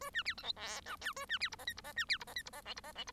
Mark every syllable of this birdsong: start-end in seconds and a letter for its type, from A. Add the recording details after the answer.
0.01-0.10 A, 0.13-0.23 B, 0.25-0.34 C, 0.37-0.43 D, 0.43-0.52 E, 0.56-0.81 F, 0.85-0.96 G, 1.01-1.13 H, 1.16-1.26 A, 1.28-1.39 B, 1.40-1.49 C, 1.51-1.56 I, 1.58-1.65 J, 1.67-1.74 K, 1.76-1.81 I, 1.84-1.93 J, 1.96-2.05 B, 2.08-2.18 C, 2.20-2.24 I, 2.27-2.34 J, 2.35-2.43 K, 2.45-2.50 I, 2.52-2.61 J, 2.65-2.74 L, 2.76-2.81 I, 2.83-2.93 J, 2.95-3.05 L, 3.07-3.12 I. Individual Bird1